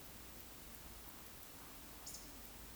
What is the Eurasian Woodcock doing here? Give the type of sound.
whistle, croak